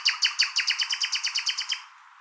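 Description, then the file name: Common nightingale phrase of many loud, sharp, identical notes repeated rapidly and evenly. "Luscinia megarhynchos"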